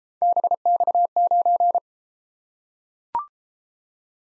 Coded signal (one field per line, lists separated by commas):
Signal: Morse code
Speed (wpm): 32 wpm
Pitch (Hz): 700 Hz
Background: none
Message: BX9